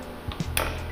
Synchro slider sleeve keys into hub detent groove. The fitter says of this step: That's those keys snapping back into that groove.